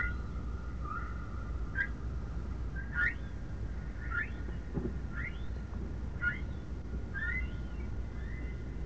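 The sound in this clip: Whale calls: soft, repeated, rising chirps about once a second, with a faint steady tone and a low, constant rumble underneath.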